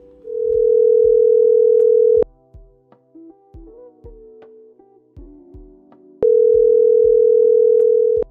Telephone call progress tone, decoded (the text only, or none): ringback tone